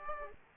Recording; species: mosquito wingbeat signal from an infrared sensor; Aedes aegypti